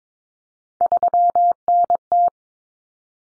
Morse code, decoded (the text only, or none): 3NT